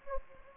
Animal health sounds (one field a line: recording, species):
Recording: mosquito wingbeat signal from an infrared sensor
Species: Anopheles gambiae